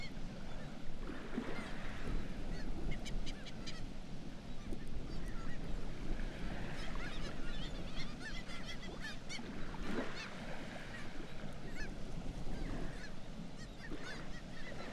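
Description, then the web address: Black-legged kittiwakes calling, clusters of sharp nasal notes in quick series against a continuous low rumble. "Black legged kittiwake. صدای-پرنده-کاکایی-پاسیاه"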